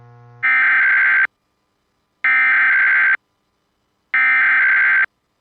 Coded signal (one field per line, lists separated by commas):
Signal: Emergency Alert System (SAME) tones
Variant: header bursts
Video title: EAS #273- Tennessee Required Monthly Test on WSM (KPL20 Relay)